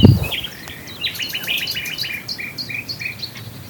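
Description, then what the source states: Common nightingale song: a string of short, clear repeated notes and slurred whistles in quick succession. Swale.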